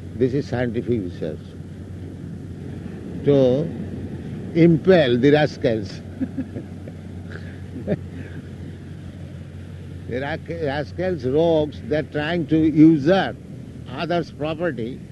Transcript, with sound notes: This is scientific research, to impel the rascals. [laughter] The rascals, rogues, they are trying to usurp others' property,